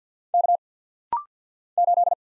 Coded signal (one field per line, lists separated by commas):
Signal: Morse code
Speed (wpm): 50 wpm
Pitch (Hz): 700 Hz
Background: none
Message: K 8